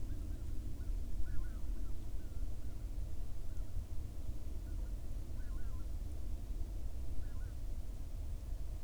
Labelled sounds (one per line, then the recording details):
waterfowl
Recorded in the Arctic National Wildlife Refuge, Alaska, on 15 May 2019 at 15:03
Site 38